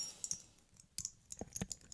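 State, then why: Not seated. The end of a metal jewelry chain clasp is handled near its box clasp while the fastening is being redone, making light, scattered metallic clinks and jingles. Nothing has seated or clicked shut yet.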